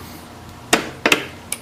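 Someone presses down on a torque wrench on the tensioning bolt of a Newman roller frame while stretching mesh, and the wrench clicks at the set torque, confirming the designated tension is reached. Sharp clicks land at 0.7 s and 1.1 s, with a quick second tick right after the later one and a fainter tick near 1.5 s, over a quiet background.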